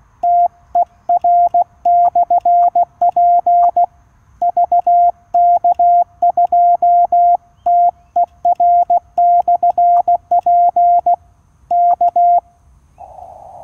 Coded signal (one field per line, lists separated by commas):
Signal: Morse code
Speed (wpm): 16 wpm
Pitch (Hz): 700 Hz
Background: none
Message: TER/P VK2TER/P K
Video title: Unsuccessful SOTA activation due to QSB and rain - QRP CW using QCX-mini - Mt Elliot (VK2/HU-093)